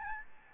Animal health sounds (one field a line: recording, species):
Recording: mosquito wingbeat signal from an infrared sensor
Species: Aedes albopictus